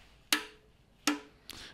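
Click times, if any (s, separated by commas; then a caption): 0.3 s. A torque wrench set to 45 Nm tightens the oil drain plug, refitted with a new washer, into the engine sump of a Honda CR-V K20/K24 2.0/2.4-litre petrol engine. A sharp click at 0.3 s marks the wrench reaching its setting, followed by a second sharp click at 1.1 s and a fainter tick at 1.5 s. The plug is confirmed torqued to spec.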